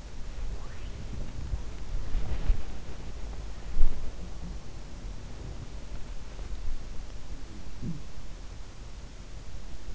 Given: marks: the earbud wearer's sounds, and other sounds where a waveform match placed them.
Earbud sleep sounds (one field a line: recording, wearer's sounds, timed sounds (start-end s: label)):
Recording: sounds in sleep by an in-ear microphone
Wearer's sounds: body movement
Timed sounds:
0.00-7.49 s: body movement
7.67-8.38 s: sound from someone else or the room